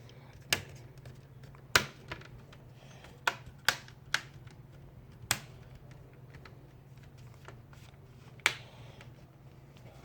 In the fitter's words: like this so easy when you hear the click so it's on okay